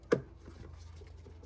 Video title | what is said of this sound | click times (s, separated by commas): Ford F-150 5.4 Triton 2004-2008 Spark Plugs Replacement How-To | And then this line, we'll just snap into that. | 0.1 s